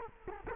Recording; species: mosquito wingbeat signal from an infrared sensor; Culex quinquefasciatus